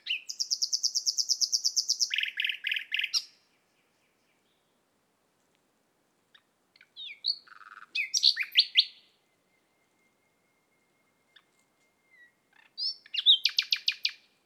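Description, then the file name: Common nightingale song: a fast rattling series of repeated notes, then later short mixed phrases and a final rapid trill, with long quiet gaps. "Luscinia megarhynchos"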